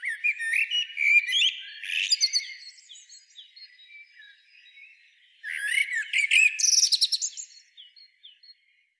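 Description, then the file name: Common blackbird singing two phrases, each opening with mellow whistled notes and breaking into rapid high chirps and squeaks, then trailing off into soft faint warbling. "Turdus merula"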